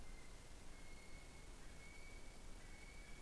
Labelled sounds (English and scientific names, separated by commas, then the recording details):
North Island Brown Kiwi (Apteryx mantelli) male call
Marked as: faintness 3/5
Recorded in New Zealand on 15 November 2013
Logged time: 00:43
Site BV22